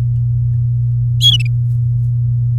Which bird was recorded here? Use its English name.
Domestic Canary